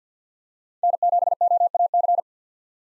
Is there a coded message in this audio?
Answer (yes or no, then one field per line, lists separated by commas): yes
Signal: Morse code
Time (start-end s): 0.8-2.2 s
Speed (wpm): 49 wpm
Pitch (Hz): 700 Hz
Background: none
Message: N7OAC